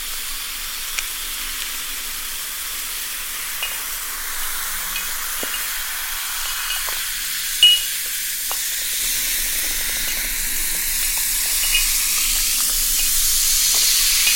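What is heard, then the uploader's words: Sparkling soda water fizzes with a steady, bright hiss of tiny bubbles that grows slightly louder and brighter over the fourteen seconds. Small pops and ticks scatter throughout, with a sharper crackle just before the eight-second mark and a faint low hum underneath. The freshness of sparkling soda water.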